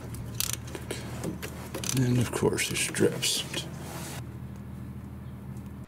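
A ratchet is worked with a steel Allen key set in the upper stabilizer link stud on the right front strut of a 2007 Chevy Equinox, holding the stud while the nut is loosened. Sharp metallic clicks ring out from about 0.4 s, with the loudest at 0.4 s, as the Allen key slips and strips out instead of holding, and then someone talks.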